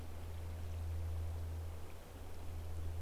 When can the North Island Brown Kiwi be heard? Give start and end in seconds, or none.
none